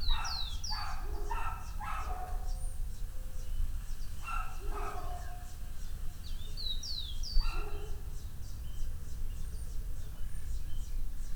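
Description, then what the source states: Dog barking in short bursts with pauses between, over a steady low rumble of background noise. Dogs barking on the Escalera Morrison stairway in Valparaíso; recorded with a Tascam DR-100mk II.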